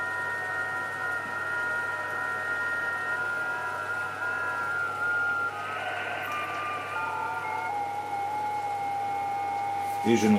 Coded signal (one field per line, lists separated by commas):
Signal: FT8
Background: speech